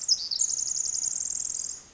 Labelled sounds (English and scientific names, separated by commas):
Pacific Wren (Troglodytes pacificus)